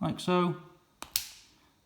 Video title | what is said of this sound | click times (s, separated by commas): Peugeot 208 308 3008 Key Fob Battery Replacement | make sure all clicks in place | 1.0 s, 1.2 s